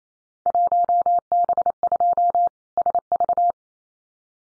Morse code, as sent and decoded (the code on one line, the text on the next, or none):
.---- -... ..--- / ... ...-
1B2 SV